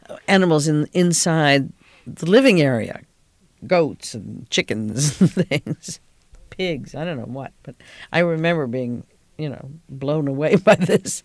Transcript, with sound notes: animals inside the living area, goats and chickens and things. ( she laughs ) Pigs, I don't know what. But I remember being blown away by this.